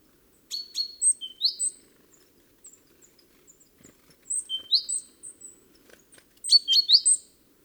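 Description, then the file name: Great tit calls: three bursts of sharp, high chirping notes, each a short cluster of rising slurs, separated by quiet gaps with faint ticks. "Parus major"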